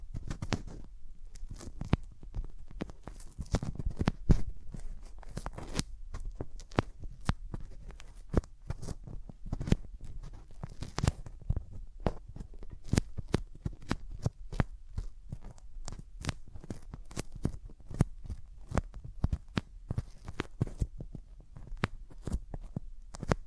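Hands rub over the ears in a dense, continuous run of soft scratchy rustles and quick crackling taps, steady throughout with no talking.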